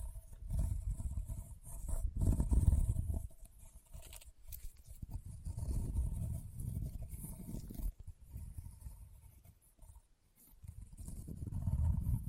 ASMR Leather Tapping & Scratching Sounds